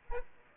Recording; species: mosquito wingbeat signal from an infrared sensor; Aedes aegypti